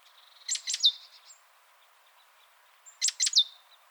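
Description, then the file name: Great tit giving two quick clusters of sharp, high, descending notes, separated by about two seconds of quiet. "Parus major"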